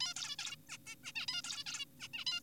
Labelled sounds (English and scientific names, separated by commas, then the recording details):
Zebra Finch (Taeniopygia guttata)
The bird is an adult
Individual g4p5U